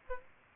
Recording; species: mosquito wingbeat signal from an infrared sensor; Aedes aegypti